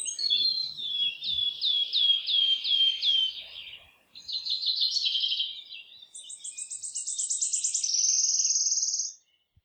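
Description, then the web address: Wood warbler song: a run of sharp repeated notes, then a short stuttering phrase and a final shivering high trill that levels off and stops abruptly. "geluiden fluiter. zang"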